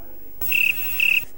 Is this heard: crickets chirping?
yes